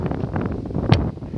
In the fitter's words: ko siya ginaganon talagang ginaganon ko lang siya Pinipindot ko lang siya ng ganon t's Okay na naka-lock